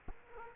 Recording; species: mosquito wingbeat signal from an infrared sensor; Culex quinquefasciatus